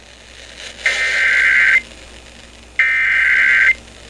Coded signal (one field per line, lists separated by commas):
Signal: Emergency Alert System (SAME) tones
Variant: header bursts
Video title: Tornado Warning 5 On KSD-FM 5/19/2025 (EAS #2,901)